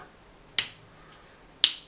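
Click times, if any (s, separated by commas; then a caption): 0.6 s, 1.6 s. A plastic head assembly for a buildable building-kit figure is pushed down onto the figure's body. Two sharp clicks sound at 0.6 s and 1.6 s as the parts snap into place, and the head seats firmly. Someone talks briefly.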